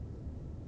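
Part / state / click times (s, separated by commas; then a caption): RAM module into motherboard DIMM slot / not seated / none. A RAM module is pushed fairly hard into a motherboard DIMM slot, but it has not seated and neither retention clip has clicked yet. A steady low rumble fills the clip, with only a faint, brief high-pitched blip near 0.7 s.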